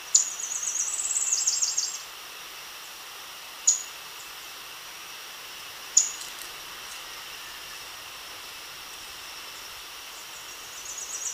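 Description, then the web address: Tropical parula: a short high buzzy trill at the start, then two isolated sharp chips and a long quiet stretch with faint background hiss. Ecuador. "Natures Songs S America Birds of Ecuador Tropical Parula"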